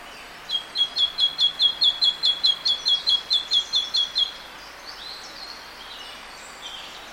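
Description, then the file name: Great tit delivering a fast run of sharp, clear repeated notes for about four seconds, followed by quieter faint bird sounds in the background. "Parus major"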